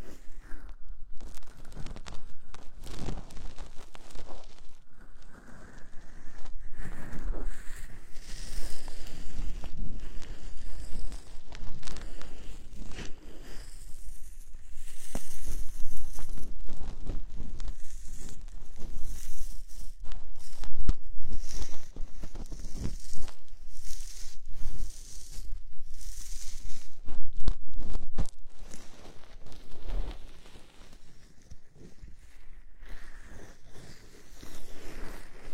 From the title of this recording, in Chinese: 带着蕾丝手套，按摩你的小耳朵